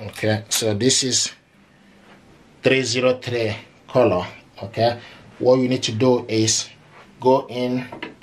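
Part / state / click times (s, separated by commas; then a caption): color ink cartridge into inkjet printer carriage / not seated / none. A 303 color ink cartridge is being handled at the carriage slot of an HP Envy Photo Advanced Control 7134 inkjet printer, while someone talks over the handling noise. The cartridge has not yet been pushed in, and nothing has seated or clicked yet.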